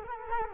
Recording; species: mosquito wingbeat signal from an infrared sensor; Culex quinquefasciatus